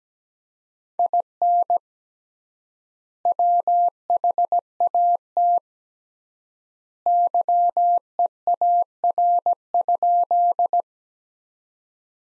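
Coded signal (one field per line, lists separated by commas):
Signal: Morse code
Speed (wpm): 17 wpm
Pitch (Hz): 700 Hz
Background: none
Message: IN WHAT YEAR?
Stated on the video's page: Morse practice sentences from the top 200 words at 17 wpm with 3x word spacing, a Farnsworth-like method using words.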